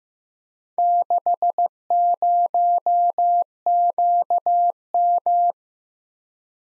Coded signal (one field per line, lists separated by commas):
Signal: Morse code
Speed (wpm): 15 wpm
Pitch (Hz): 700 Hz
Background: none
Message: 60QM